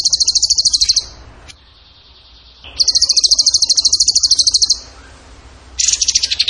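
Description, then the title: Bird song: loud, very rapid high trills, each lasting about one to two seconds, alternating with quieter gaps holding a soft steady whistle. Masteran training recording of a bird singing in the gacor tembakan style. "Masteran Burung Tembakan Gacor"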